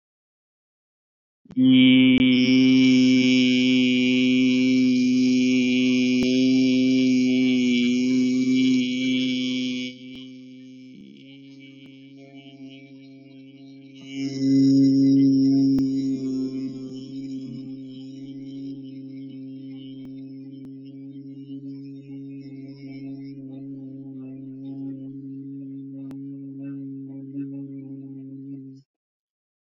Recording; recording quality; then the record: sustained vowel as in beet; excellent, no background noise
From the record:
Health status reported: exposed to COVID-19, no respiratory illness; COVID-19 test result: negative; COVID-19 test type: RT-PCR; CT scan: not taken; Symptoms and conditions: none ticked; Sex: male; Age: 23 years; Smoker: no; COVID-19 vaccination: both doses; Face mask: worn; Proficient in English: yes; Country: India